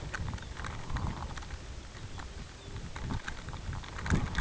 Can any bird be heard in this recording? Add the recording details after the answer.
yes. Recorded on Arctic tundra, site UTQI-5, on 16 June 2019. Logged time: 02:00